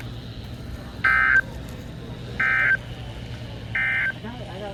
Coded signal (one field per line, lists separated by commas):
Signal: Emergency Alert System (SAME) tones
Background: speech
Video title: Must’ve Been The Wind (EAS 366-379)